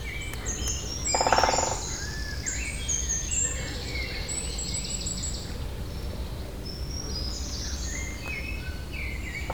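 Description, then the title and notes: Great spotted woodpecker drumming, a single brief burst of fast hammering near the start, then a busy background of chirping and whistling birds throughout. Territorial drumming on the stump of a tall dead tree, Saint-Jean, France; second take after moving closer; binaural recording with Soundman OKM II and Zoom H4n. "28 Chemin de Lapeyrière, Saint-Jean, France - Pic épeiche marquage territoire. Un pic épeiche marque son territoire sur la souche d'un long arbre mort"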